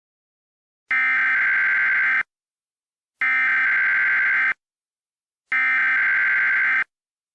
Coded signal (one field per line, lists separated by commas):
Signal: Emergency Alert System (SAME) tones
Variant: header bursts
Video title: EAS Scenario: Absolutely Radioactive Part 6